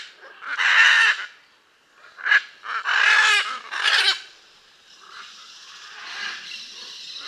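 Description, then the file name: Blue-and-yellow macaw with loud rasping squawks in quick succession, then a quieter, rough, drawn-out grating sound. "Blue and yellow Macaw Ara ararauna"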